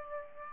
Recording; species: mosquito wingbeat signal from an infrared sensor; Aedes albopictus